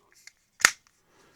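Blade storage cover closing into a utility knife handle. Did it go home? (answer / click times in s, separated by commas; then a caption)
yes / 0.7 s. After spare blades are fitted into the storage compartment in the handle of a Fiskars folding utility knife, the compartment cover is closed. A few faint ticks come before and after one sharp, bright snap at 0.7 s, when the cover snaps shut back in place.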